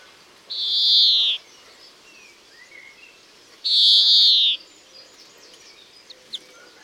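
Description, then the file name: European greenfinch giving two drawn-out, buzzy wheezing notes about three seconds apart, each close to a second long, with faint chirps of other birds around. "Chloris chloris"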